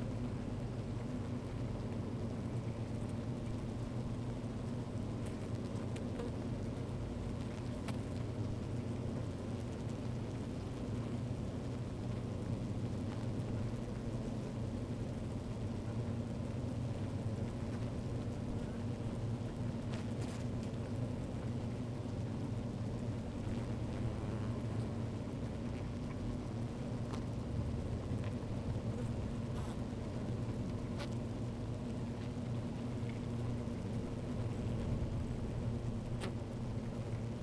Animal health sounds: honeybee colony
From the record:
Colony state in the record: active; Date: 28 July 2017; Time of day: 13:01

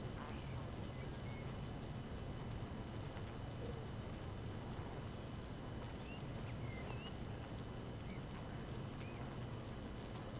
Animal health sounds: honeybee colony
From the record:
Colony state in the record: active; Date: 12 June 2018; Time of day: 5:26

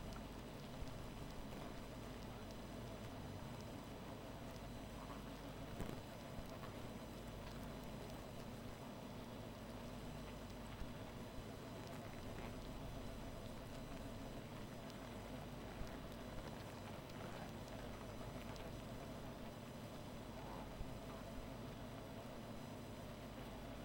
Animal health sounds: honeybee colony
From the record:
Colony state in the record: missing queen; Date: 14 July 2017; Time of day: 1:04

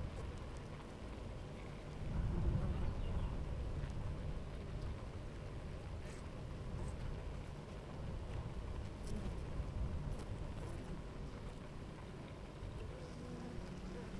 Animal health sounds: honeybee colony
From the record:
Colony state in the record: active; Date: 28 July 2017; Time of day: 9:49

